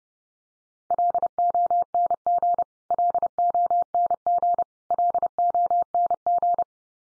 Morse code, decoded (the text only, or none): LONG LONG LONG